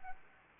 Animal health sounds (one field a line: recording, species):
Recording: mosquito wingbeat signal from an infrared sensor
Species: Anopheles arabiensis